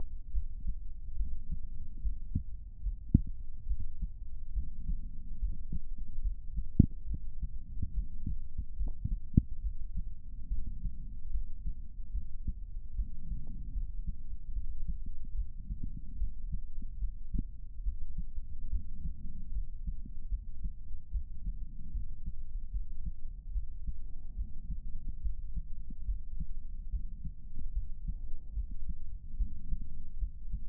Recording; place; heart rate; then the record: heart sounds by stethoscope; pulmonary valve (PV); 72 bpm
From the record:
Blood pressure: 129/87 mmHg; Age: 51 years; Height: 175 cm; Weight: 79 kg